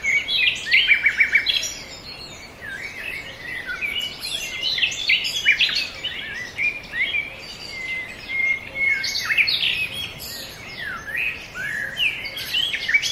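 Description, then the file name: Bird: a quick trill from a bird opens, then a continuous lively chorus of chirps and high whistled notes carries on throughout. Forest birds. "ASMR Nature Noise - Forest Birds"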